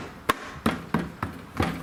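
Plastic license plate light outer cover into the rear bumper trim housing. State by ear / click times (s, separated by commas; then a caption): seated / 0.3 s. A plastic outer cover is lined up over the LED license plate light housing and pressed into the rear bumper trim of a 2006-2011 Honda Civic. It snaps home with a sharp click at 0.3 s, followed by several quieter sharp taps. The cover is seated and good.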